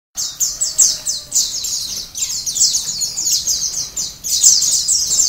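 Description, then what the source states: White-eye song of bright, downslurred chirps strung rapidly together, the phrases swelling and fading, with faint hiss behind. Ombyokan song style; recording used as a training song (masteran).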